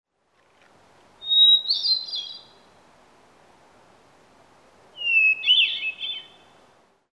Sound recording of a hermit thrush, Yosemite National Park, California.